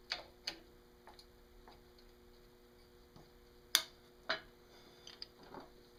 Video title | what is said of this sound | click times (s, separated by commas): Easy U-Joint Replacement | you'll notice that she has snapped back into place | 3.8 s